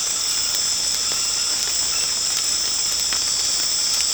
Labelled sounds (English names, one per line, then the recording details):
none
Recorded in secondary vegetation near Puerto Asís, Putumayo, Colombia, on 19 March 2025 at 23:30
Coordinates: 0.485, -76.322
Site G040